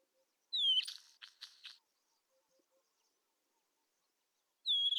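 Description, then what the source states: Isabelline wheatear song: a descending whistle followed by harsh, rattling buzzy notes, then a pause and the whistle again. Recorded at Telmen Nuur.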